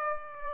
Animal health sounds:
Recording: mosquito wingbeat signal from an infrared sensor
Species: Aedes aegypti

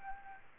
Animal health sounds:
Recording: mosquito wingbeat signal from an infrared sensor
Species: Aedes albopictus

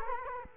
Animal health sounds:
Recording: mosquito wingbeat signal from an infrared sensor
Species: Culex quinquefasciatus

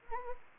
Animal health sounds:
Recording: mosquito wingbeat signal from an infrared sensor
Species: Anopheles gambiae

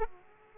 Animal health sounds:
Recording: mosquito wingbeat signal from an infrared sensor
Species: Aedes aegypti

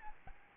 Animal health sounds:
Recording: mosquito wingbeat signal from an infrared sensor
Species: Aedes albopictus

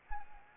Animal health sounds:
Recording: mosquito wingbeat signal from an infrared sensor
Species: Anopheles arabiensis

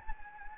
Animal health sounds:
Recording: mosquito wingbeat signal from an infrared sensor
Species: Anopheles gambiae

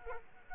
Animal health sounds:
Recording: mosquito wingbeat signal from an infrared sensor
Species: Culex quinquefasciatus

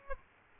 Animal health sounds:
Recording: mosquito wingbeat signal from an infrared sensor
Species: Aedes aegypti

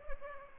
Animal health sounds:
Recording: mosquito wingbeat signal from an infrared sensor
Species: Culex pipiens

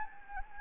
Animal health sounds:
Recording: mosquito wingbeat signal from an infrared sensor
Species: Anopheles gambiae

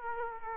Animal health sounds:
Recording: mosquito wingbeat signal from an infrared sensor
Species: Culex quinquefasciatus

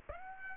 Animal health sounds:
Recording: mosquito wingbeat signal from an infrared sensor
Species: Aedes aegypti

